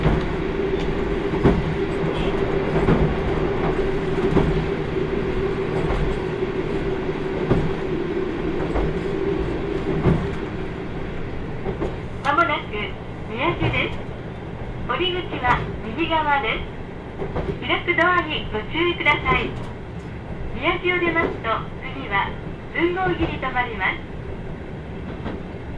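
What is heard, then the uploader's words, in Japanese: A limited express train on the Hōhi Main Line rumbles steadily with a humming tone, then an announcement voice speaks from about twelve seconds on. 豊肥本線 九州横断特急3号 立野→宮地。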